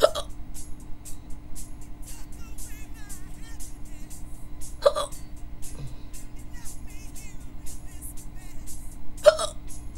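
An adult hiccuping: three sharp, abrupt gulping hiccups recur about every four and a half seconds, roughly 13 a minute, each a brief clicking catch of breath. A steady low engine or road hum and faint chirps run in the background.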